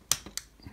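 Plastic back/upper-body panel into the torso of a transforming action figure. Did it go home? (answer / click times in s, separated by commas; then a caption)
yes / 0.1 s, 0.4 s. A plastic back/upper-body panel is pushed into the torso of a Transformers Studio Series Voyager-class Megatron action figure during its transformation. Two sharp plastic snaps ring out at 0.1 s and 0.4 s, followed by faint low handling sounds. The panel snaps into place and locks in position.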